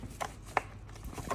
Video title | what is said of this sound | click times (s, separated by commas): Canam Ryker Linq Rack…Fail | and let's see if I can even pop it up there it goes | 0.6 s